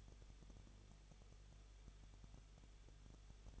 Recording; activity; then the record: daily activity, microphone in the room; no activity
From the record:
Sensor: 4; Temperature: 23.0 degrees Celsius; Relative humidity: 34.2%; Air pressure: 1007.3 hPa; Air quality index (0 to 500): 213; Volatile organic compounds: 14 ppm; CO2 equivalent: 2455 ppm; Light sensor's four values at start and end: 2/3/1/1 and 2/3/1/1